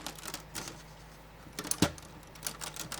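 A modular plastic brick building section of the LEGO City 2025 The City Tower 60473 is pressed onto the tower base again. Light plastic taps and rattles lead to a sharp snap at 1.7 seconds, with more small ticks afterward. It only partly fits, as one corner of the module is not seated.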